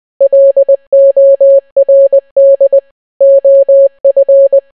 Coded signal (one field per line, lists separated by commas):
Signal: Morse code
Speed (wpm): 20 wpm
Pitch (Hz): 550 Hz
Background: none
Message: LORD OF